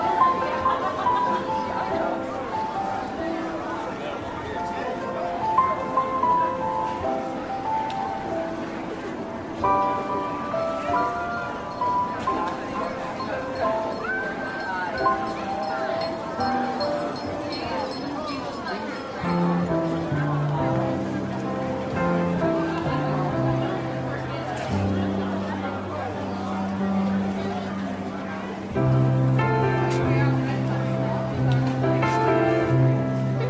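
Holiday tunes play on a jazz piano over a steady murmur of market chatter and voices. The piano moves through chords and melody lines, with deeper bass notes growing stronger after about twenty seconds. The crowd noise stays constant beneath it throughout.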